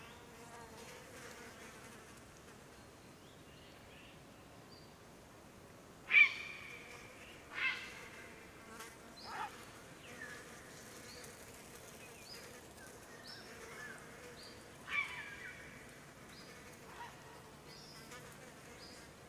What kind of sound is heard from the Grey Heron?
flight call